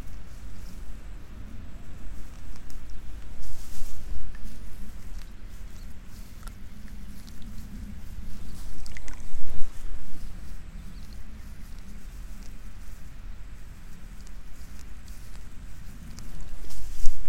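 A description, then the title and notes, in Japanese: Rice seedlings are pulled over a steady low hum, with scattered soft patters and rustles and a few brief chirps around six and nine seconds. イネ苗とり 午後 そろそろ虫の声。33℃\\18℃。晴れ。今季最後の苗とり。鳥の声の間には、虫の音が始まった。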